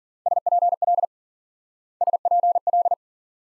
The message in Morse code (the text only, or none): SPL SPL